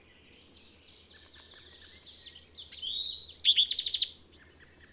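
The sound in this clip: Bird song rises from soft, scratchy twittering into a clear upward whistle and a brief rapid trill, over a steady low background rumble.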